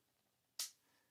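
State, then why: Seated. After an earlier try where the other side popped out, a plastic wing strut is pressed into its mount on a foam model airplane. A single sharp, bright snap is heard at 0.6 s, rising sharply above a quiet background and fading within about a tenth of a second. The strut snaps into place and is seated.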